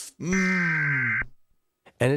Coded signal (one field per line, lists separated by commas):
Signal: Emergency Alert System (SAME) tones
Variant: header bursts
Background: speech